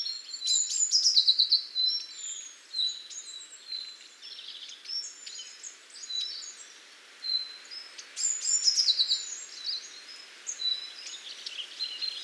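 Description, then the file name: Eurasian blue tit calls: high, thin chirps and short descending buzzy trills, in bursts near the start and around eight seconds, with scattered faint high notes between. "Cyanistes caeruleus"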